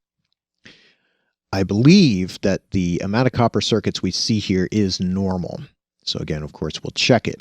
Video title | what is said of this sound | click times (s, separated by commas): Laptop Upgrade Part 2 - HyperX RAM - Satellite E45 | so press it in and then straight down even pressure until it snaps into place | 0.3 s, 0.7 s